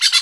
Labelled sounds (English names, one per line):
Brown-throated Parakeet contact call